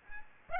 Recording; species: mosquito wingbeat signal from an infrared sensor; Aedes aegypti